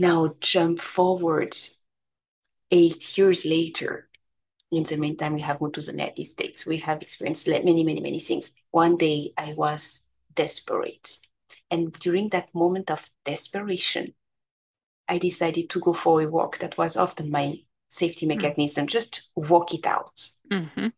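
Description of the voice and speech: Fluent adult speech with an ordinary, clear voice, steady pacing and natural pauses between phrases.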